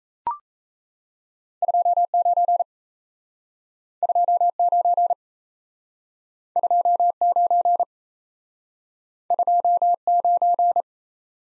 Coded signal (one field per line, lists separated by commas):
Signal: Morse code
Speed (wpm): 36 wpm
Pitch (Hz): 700 Hz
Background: none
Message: 29 29 29 29